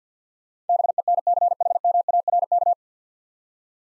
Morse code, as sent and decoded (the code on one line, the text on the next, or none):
-... . -. -.-. .... -- .- .-. -.-
BENCHMARK